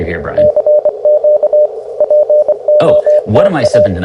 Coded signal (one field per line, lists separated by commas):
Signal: Morse code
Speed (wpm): 23 wpm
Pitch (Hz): 590 Hz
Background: speech, radio noise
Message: CQ POTA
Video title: Let’s Play: Morse Runner!